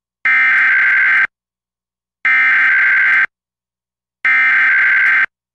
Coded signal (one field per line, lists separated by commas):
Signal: Emergency Alert System (SAME) tones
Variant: header bursts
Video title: EAS #740-741: 2 EAS Required Monthly Tests- Feb. 7, 2023- 12:15AM PST